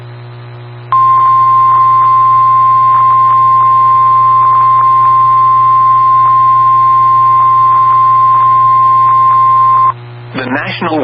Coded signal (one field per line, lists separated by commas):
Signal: Emergency Alert System (SAME) tones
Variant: 1050 Hz attention tone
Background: speech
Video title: CRAZY DAY! EAS Alert Compilation from 9/6/25